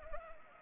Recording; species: mosquito wingbeat signal from an infrared sensor; Anopheles arabiensis